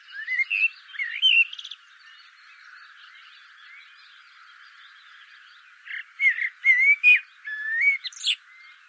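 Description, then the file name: Eurasian blackbird delivering fluty whistles, then a pause, then a second run of mellow notes closing with a high, scratchy twitter. "Turdus merula"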